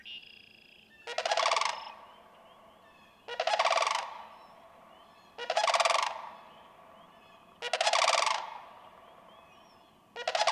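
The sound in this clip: Sandhill crane delivering rolling, guttural rattles, five bursts roughly every two and a quarter seconds, with faint high whistles of other birds in the background.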